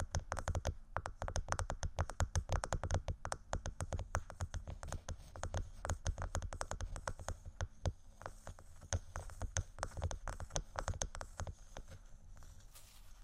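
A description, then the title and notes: Fingers tap and scratch on a textured surface in quick, uneven bursts of sharp clicks that run almost without pause. The taps come thick through the first eight seconds, then thin out into softer, scratchier strokes, over a steady low rumble. ASMR Scratchingtapping On Textures（No Talking）.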